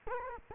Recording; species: mosquito wingbeat signal from an infrared sensor; Culex quinquefasciatus